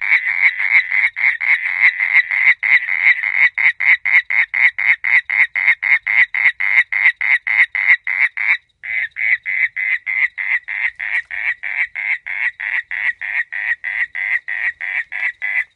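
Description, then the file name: Olive toad calling with a fast, steady series of short buzzy pulses, about three or four per second, with a brief break midway before the series resumes. "Duttaphrynus olivaceus"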